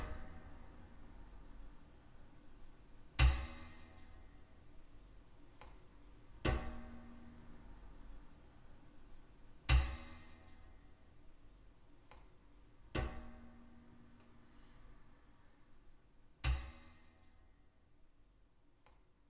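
A desk lamp struck five times at steady intervals of about three seconds, each sharp metallic knock ringing briefly before fading.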